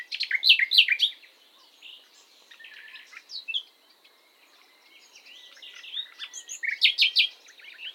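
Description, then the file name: Common nightingale song, loud rapid chirping phrases at the start and end with softer whistled notes between. "Luscinia megarhynchos"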